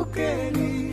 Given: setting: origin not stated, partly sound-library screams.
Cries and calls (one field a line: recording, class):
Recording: one-second piece from a danger detection set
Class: normal situation